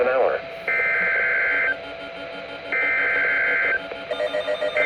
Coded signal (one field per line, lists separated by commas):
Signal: Emergency Alert System (SAME) tones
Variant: header bursts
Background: speech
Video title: Allendale SVR | EAS #113